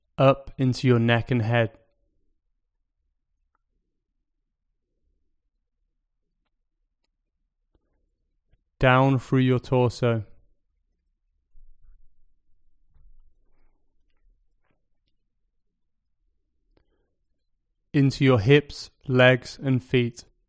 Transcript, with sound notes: Up into your neck and head... [Pause 5 seconds] Down through your torso... [Pause 5 seconds] Into your hips, legs, and feet.